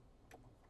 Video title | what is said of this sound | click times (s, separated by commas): How to Set up Your Bluetooth For Your Cricut Cutting Machine | and it should click right in that's what we're looking for that's perfect | 0.3 s